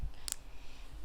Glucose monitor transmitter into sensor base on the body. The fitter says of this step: and then press down and you'll hear a click.